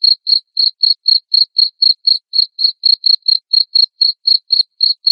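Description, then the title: Cricket calling with regular high-pitched chirps, around four a second, clean and unaccompanied. Loud cricket chirping (ngerik) played to make lovebirds keep singing (ngekek). "Suara JANGKRIK NGERIK Keras Bikin LOVEBIRD Jadi NGEKEK Terus Vubey"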